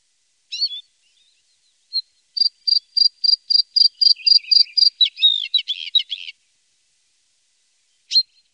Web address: Faglar Sound Blahake